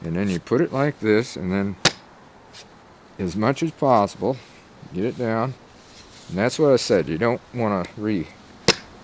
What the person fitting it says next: You heard it snap, now she's on and ready to go.